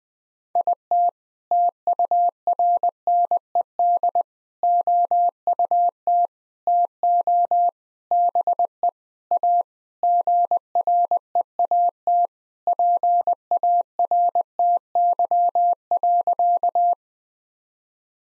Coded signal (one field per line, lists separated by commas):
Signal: Morse code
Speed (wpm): 20 wpm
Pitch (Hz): 700 Hz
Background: none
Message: IT TURNED OUT TO BE A GREAT PARTY.